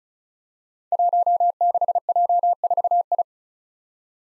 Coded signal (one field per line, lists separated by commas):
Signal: Morse code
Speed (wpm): 36 wpm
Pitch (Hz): 700 Hz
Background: none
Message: 16J4I